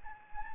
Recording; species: mosquito wingbeat signal from an infrared sensor; Anopheles gambiae